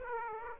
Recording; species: mosquito wingbeat signal from an infrared sensor; Aedes aegypti